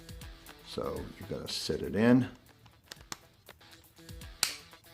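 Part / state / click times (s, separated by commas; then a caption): wiper blade onto windshield wiper arm / seated / 4.4 s. A wiper blade is sat onto the windshield wiper arm's clips and pushed home while someone talks over background music. A few light ticks come at about 2.9 and 3.1 s, then a sharp, loud snap at 4.4 s as the blade seats onto the arm.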